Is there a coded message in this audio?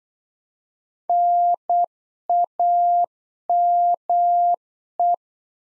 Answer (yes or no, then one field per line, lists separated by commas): yes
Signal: Morse code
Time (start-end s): 1.1-5.1 s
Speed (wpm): 8 wpm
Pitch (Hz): 700 Hz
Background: none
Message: NAME